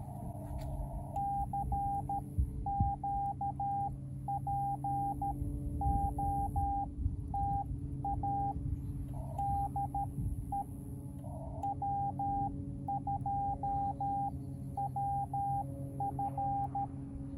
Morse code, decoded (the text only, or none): CQ POTA DE W2WF